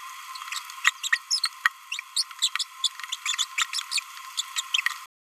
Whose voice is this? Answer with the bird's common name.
Green-rumped Parrotlet